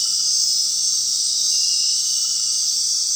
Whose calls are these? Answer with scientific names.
none